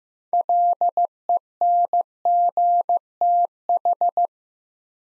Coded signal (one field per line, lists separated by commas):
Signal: Morse code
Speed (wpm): 15 wpm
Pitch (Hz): 700 Hz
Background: none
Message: LENGTH